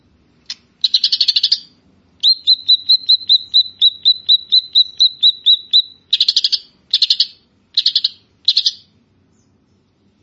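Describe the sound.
Grey-cheeked bulbul: a rasping chatter, then a long steady train of sharp whistled notes, then several short harsh bursts.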